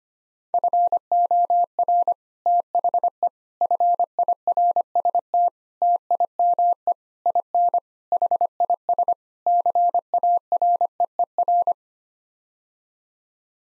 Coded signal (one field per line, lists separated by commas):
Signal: Morse code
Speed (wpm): 25 wpm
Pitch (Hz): 700 Hz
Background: none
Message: FOR THE FIRST TIME IN HIS CAREER